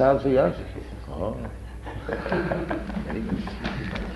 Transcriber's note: light laughter